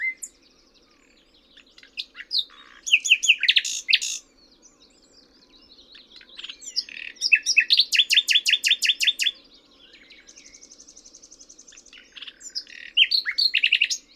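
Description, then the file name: Common nightingale singing varied phrases: scratchy chirps, loud fast repeated rattling bursts, a high thin trill and sharp clicking notes, separated by brief pauses. "Luscinia megarhynchos"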